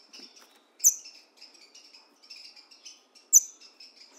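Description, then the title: Green-winged saltator song: loud, sharp high notes falling in pitch, given twice about two and a half seconds apart, with a busy run of softer chirps and trills between them. In the woods, dueling in song with a free-living bird. "Trinca Ferro NICÃ O"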